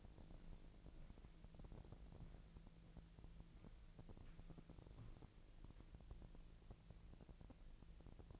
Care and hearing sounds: daily activity, microphone in the room; walk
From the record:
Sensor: 5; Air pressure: 1002.1 hPa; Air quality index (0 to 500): 244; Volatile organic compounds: 29 ppm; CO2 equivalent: 2932 ppm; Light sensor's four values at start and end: 33/79/33/36 and 34/80/33/36

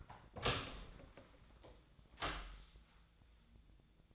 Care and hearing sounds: daily activity, microphone in the room; open door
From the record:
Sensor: 3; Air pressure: 1009.2 hPa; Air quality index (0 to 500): 202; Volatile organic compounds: 4 ppm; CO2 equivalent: 1624 ppm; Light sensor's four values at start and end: 46/122/53/53 and 47/123/53/53

